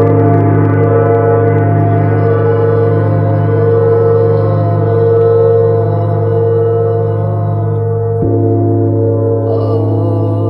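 A gong rings out in a long, dense, shimmering sustain, its low hum and stacked bright overtones holding steady and loud throughout. Near the eighth second the tone shifts slightly, and a soft brief rustle appears near the end.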